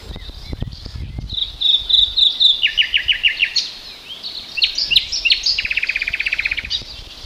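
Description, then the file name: Common nightingale singing loud varied phrases: whistled notes, then fast rattling trills of repeated buzzy notes, with low rumbling noise behind. "Luscinia megarhynchos"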